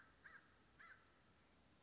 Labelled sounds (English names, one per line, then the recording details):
American Crow
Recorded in Sonoma County, California